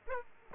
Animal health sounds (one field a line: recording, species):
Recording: mosquito wingbeat signal from an infrared sensor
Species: Aedes aegypti